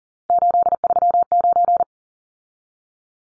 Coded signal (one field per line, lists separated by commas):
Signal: Morse code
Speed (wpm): 40 wpm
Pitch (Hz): 700 Hz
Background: none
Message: 839